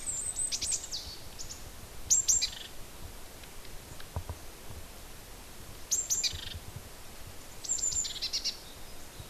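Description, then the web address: Bird giving several very high, thin trilling phrases with short sibilant notes, over a steady background hiss. Native hedge bird in February. "hecke vogel februar vogel f 1 6 heimisch"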